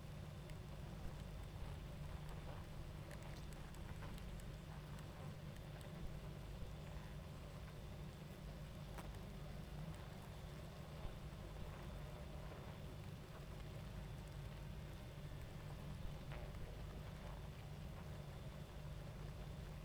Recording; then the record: honeybee colony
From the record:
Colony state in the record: active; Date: 28 July 2017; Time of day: 21:57